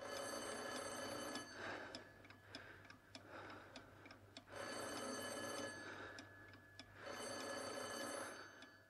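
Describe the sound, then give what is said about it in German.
A telephone bell rings in two long, shrill bursts separated by a pause, with a quieter steady ticking filling the gap between rings. No one speaks. “Ach so, das Telefon.”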